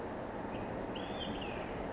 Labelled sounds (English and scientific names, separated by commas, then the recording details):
Olive-sided Flycatcher (Contopus cooperi)
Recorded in Sonoma County, California